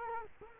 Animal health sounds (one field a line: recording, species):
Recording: mosquito wingbeat signal from an infrared sensor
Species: Culex quinquefasciatus